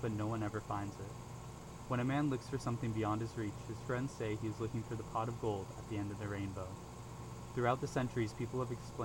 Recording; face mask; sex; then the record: reading aloud; surgical mask; male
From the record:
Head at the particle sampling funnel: turned sideways, cheek in front of it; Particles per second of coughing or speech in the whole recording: 0.0258